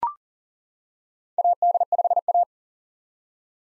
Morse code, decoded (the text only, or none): AD5A